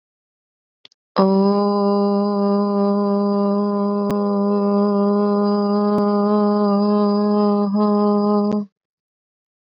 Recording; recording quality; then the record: sustained vowel as in boot; excellent, no background noise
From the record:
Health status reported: exposed to COVID-19, no respiratory illness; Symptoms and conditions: sore throat, fatigue, muscle pain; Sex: female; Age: 32 years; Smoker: no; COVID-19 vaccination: both doses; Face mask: worn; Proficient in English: yes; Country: India